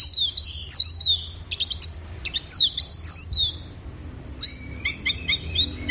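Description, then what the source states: Orange-headed thrush song: rapid bright whistled phrases with falling slurs and stuttered notes, ending in a quick series of repeated clipped chirps. Orange-headed thrush in full song (gacor teler), offered as a training recording for songbirds; part of an offline thrush-sound collection.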